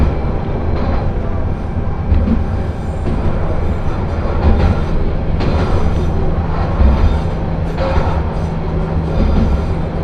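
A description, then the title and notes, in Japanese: Inside a single-car railbus on the Akechi Railway, packed with children and high school students. A steady low engine and running rumble fills the whole ten seconds, with a constant hum and brief rattling bursts around two, five and eight seconds. 明知鉄道 明智→恵那。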